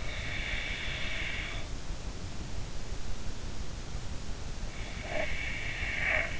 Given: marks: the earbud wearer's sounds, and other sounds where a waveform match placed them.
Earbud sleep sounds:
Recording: sounds in sleep by an in-ear microphone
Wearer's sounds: snoring breath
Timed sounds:
0.20-1.66 s: snoring breath
4.94-6.40 s: snoring breath

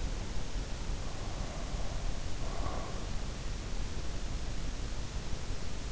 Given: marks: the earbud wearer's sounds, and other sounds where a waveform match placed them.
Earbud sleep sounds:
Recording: sounds in sleep by an in-ear microphone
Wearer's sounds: breath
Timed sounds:
1.06-3.52 s: breath

